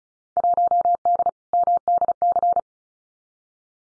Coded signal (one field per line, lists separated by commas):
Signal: Morse code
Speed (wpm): 36 wpm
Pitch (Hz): 700 Hz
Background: none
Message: 1D MDC